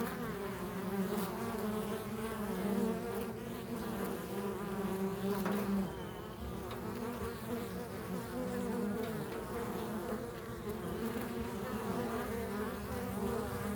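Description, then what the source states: Bees hum in an unbroken buzzing drone throughout. Several bees recorded in a field.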